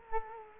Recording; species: mosquito wingbeat signal from an infrared sensor; Culex quinquefasciatus